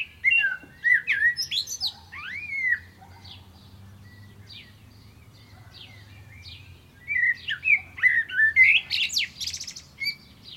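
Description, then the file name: Common blackbird singing varied fluting whistles and high twittery flourishes in two bursts, a few seconds apart, over a soft low drone. "Turdus merula"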